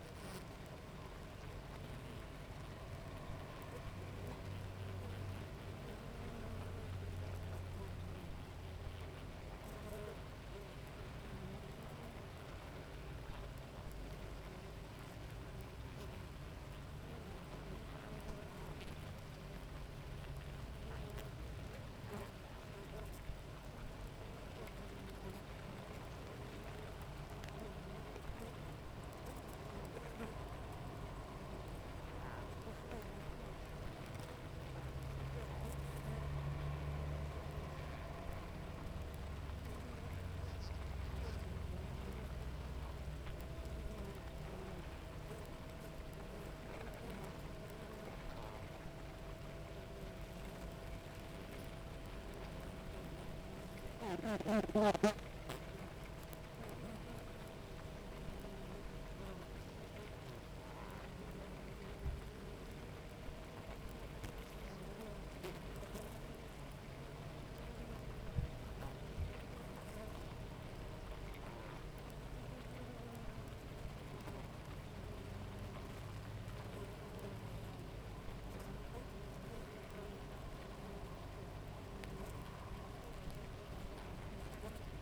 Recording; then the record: honeybee colony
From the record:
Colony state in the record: active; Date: 28 July 2017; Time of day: 7:06